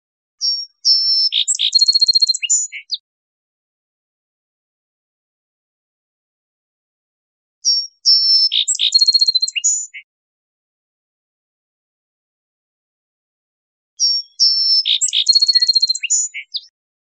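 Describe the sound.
Song sparrow song given three times with silent pauses between, each mixing clear notes with a buzzy trill.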